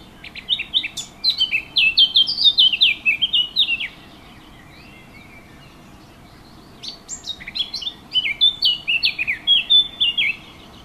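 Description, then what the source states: Warbler song: two long, rapid warbled phrases of many varied notes, each about three to four seconds, separated by a pause of about three seconds. Recorded 15 June 2014 on a MiniDisc recorder.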